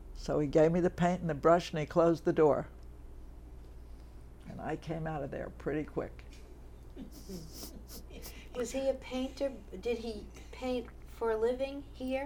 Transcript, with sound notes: So he gave me the paint and the brush and he closed the door. And I came out of there pretty quick.
[chuckles] Was he a painter — did he paint for a living here?